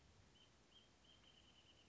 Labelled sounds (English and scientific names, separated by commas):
Wrentit (Chamaea fasciata)